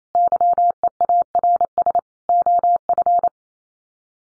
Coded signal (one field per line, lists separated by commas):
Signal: Morse code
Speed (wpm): 28 wpm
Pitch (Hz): 700 Hz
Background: none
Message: YEARS OF